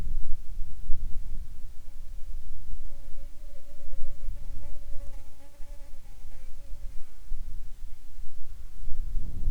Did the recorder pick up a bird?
no